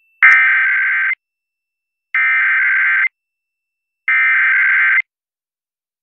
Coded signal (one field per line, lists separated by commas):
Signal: Emergency Alert System (SAME) tones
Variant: header bursts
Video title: EAS Required Monthly Test for Los Angeles on KIIS Los Angeles, CA (102.7 KIIS-FM) (1/25/22)